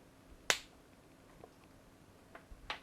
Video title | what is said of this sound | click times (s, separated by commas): DIY Solar 04 - Sambungan Solar Panel - Neutral Ada API !!! - Bahaya Ke Tak & Apa Nak Buat??? | Kita masuk dan kita jolok pin tadi sampai ada bunyi klik. | 0.5 s